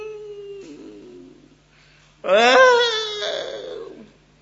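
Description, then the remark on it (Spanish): A male preacher imitates wailing and crying: a drawn-out moaning tone, then a sudden loud, quavering sob that wavers in pitch before trailing off. “Así van a llorar.”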